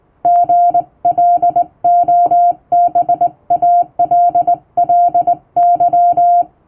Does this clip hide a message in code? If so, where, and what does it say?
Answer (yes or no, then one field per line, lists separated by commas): yes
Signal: Morse code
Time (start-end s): 0.2-6.4 s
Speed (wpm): 21 wpm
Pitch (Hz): 700 Hz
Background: music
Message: GLOBALLY